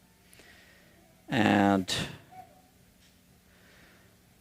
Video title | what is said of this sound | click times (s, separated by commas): Partscaster Tele Full Build - stringing & nut filing - part 11 | again, I make sure it snaps in place. | 0.3 s